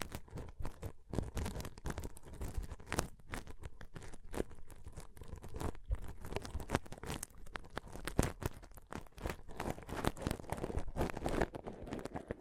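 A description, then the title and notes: Pom pom tingles: dense, rapid crinkly scratching and brushing, fuzzy bursts coming several times a second, steady throughout with bright crisp edges. ASMR Ultimate Pom Pom Tingles (No Talking).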